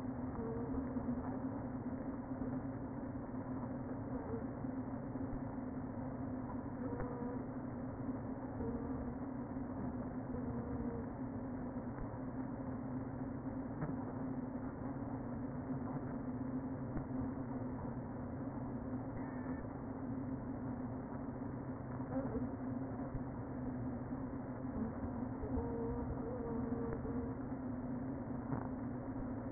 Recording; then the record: honeybee colony, microphone inside the hive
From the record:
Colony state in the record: queen present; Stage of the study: before two queens were removed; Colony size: about 60,000 bees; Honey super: yes